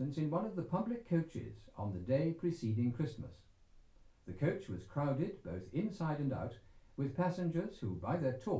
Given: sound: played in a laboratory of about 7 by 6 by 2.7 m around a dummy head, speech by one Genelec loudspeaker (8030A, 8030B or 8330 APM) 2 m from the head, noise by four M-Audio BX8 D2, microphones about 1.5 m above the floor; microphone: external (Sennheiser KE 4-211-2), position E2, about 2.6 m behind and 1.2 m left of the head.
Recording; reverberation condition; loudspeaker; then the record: male speech in English; low; behind (180 degrees)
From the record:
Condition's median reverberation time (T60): about 310 ms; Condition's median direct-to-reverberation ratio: about 3.5 dB